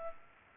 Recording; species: mosquito wingbeat signal from an infrared sensor; Culex pipiens